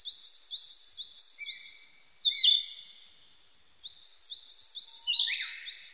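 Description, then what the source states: Narcissus flycatcher song: quick series of high, repeated downslurred notes, then a loud burst of falling phrases; a pause follows before more high notes and a descending flourish. Recorded on 25 April 1998.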